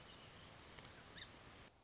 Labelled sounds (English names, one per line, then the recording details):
Song Sparrow
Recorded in Sonoma County, California